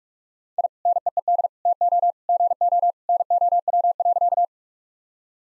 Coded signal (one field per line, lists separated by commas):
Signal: Morse code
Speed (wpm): 45 wpm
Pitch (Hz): 700 Hz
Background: none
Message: I NEED TO GO NOW.